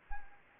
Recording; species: mosquito wingbeat signal from an infrared sensor; Anopheles gambiae